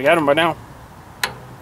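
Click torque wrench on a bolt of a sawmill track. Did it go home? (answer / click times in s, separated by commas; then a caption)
yes / 1.2 s. Someone talks briefly while checking a fastener on a sawmill track with a click-type torque wrench set to about 23 ft-lb. After a quiet pause, the wrench gives a single short click at 1.2 s, showing it has reached its torque setting.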